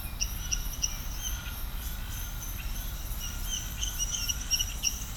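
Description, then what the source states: Frog chorus of rapid, repeated high clicks and chirps, several per second, overlaid on a continuous pulsing insect drone. Chorus of frogs recorded at Serrinha do Alambari, Brazil.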